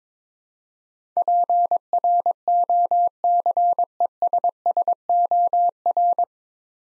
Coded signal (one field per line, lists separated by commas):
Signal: Morse code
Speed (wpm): 22 wpm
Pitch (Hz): 700 Hz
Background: none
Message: PROCESSOR